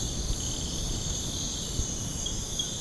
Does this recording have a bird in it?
no